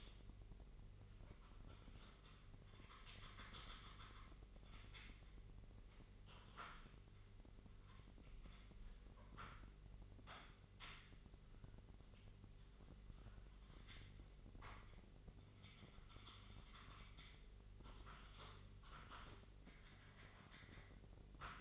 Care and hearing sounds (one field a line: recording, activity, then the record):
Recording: daily activity, microphone in the room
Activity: typing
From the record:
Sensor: 4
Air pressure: 1008.4 hPa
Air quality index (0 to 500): 82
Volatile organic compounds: 1 ppm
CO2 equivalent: 652 ppm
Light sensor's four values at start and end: 17/39/16/16 and 17/39/16/16